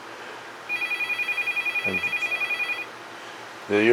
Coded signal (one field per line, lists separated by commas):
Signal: none